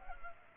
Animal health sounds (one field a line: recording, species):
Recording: mosquito wingbeat signal from an infrared sensor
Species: Culex pipiens